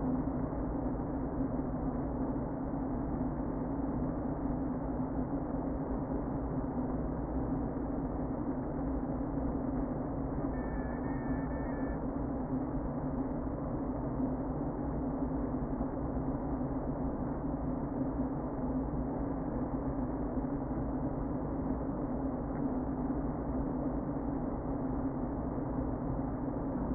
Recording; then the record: honeybee colony, microphone inside the hive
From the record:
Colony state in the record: queen present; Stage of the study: before two queens were removed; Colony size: about 60,000 bees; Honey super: yes